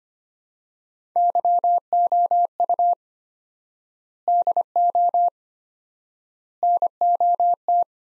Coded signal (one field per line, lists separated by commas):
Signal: Morse code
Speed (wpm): 25 wpm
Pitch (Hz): 700 Hz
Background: none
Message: YOU DO NOT